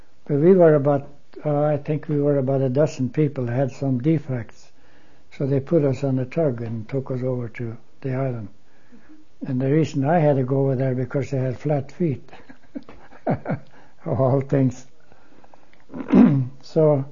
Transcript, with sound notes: But we were about, oh, I think we were about a dozen people that had some defects, so they put us on the tug and took us over to the island. And the reason I had to go over there because I had flat feet. (he laughs) Of all things. So